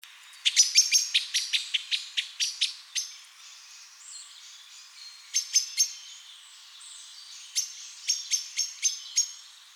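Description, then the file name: Common blackbird calling with rapid series of sharp, high chinking notes, delivered in three separate bursts with quieter pauses between them. "Turdus merula"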